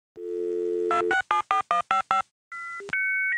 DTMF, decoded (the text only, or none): 2674155